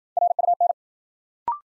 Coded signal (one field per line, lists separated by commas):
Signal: Morse code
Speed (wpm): 51 wpm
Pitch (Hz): 700 Hz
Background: none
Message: RUN